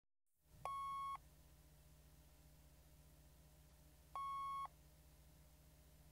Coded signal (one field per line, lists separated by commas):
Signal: fax machine handshake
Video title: Fax Machine Modem Connection Noise